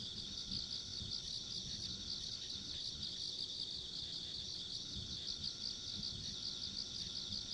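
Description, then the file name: Steady insect chorus of quick rhythmic chirps with a higher faint buzz and muffled low background sounds. Ambient insect sounds recorded along a rural country road. "田舎道の虫の環境音"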